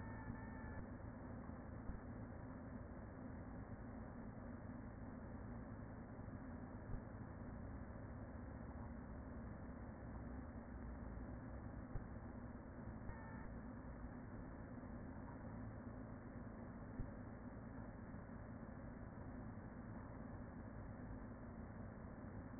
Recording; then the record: honeybee colony, microphone inside the hive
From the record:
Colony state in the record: queen present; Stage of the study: after two queens were removed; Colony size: about 40,000 bees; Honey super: no